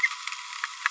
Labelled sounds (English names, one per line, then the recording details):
Green-rumped Parrotlet babbling
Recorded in a nest box in Venezuela
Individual 18B25A4